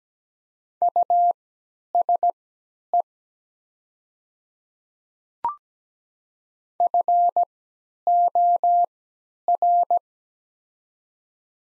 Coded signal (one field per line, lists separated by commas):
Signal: Morse code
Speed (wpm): 17 wpm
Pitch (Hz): 700 Hz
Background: none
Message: USE FOR